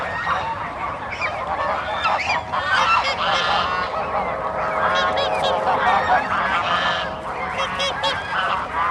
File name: Helicoptero Passando Sobre Lago do Parque da Cidade com Gansos Gritando